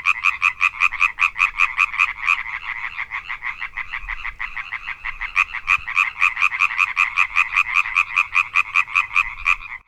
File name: Hyla arborea